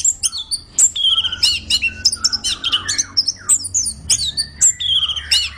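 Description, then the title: Orange-headed thrush song, a dense string of sharp chirps and squeaky whistles, repeated notes in quick bursts, some dropping in pitch. Described as gacor, singing vigorously and continuously. "Anis Kembang Gacor"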